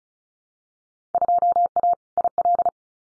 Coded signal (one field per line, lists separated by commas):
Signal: Morse code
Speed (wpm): 36 wpm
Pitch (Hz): 700 Hz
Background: none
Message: 2A IL